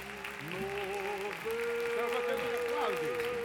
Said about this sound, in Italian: Grazie. Oh, ma è la seconda volta che fanno applausi a veramente. Grazie. Grazie per gli applausi.